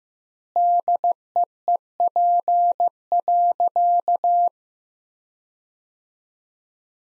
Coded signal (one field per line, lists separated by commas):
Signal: Morse code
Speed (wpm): 15 wpm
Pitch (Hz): 700 Hz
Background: none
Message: DEEP.